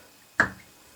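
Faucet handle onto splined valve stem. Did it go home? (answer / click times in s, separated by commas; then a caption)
yes / 0.4 s. A plastic tap handle with a female-splined piece inside is lined up with the splined end of a bathtub valve stem and pushed on. After a quiet start, a single sharp snap at 0.4 s quickly fades back to near silence. The handle pops into place and seats on the stem.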